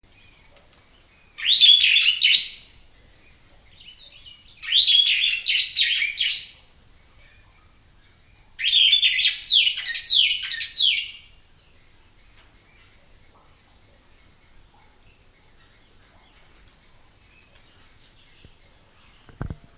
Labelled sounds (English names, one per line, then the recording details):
Superb Starling song
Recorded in captivity
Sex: male
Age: adult
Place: Zoo Berlin, Berlin, DE
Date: 2000-08-29 10:05
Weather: fair, 21°C
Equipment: Nagra SN, Kopie Uher 4000 Report Monitor
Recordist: Tembrock, Günter
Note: Strophenfolge. Leichte Hintergrundgeräusche, aber gute Aufnahmequalität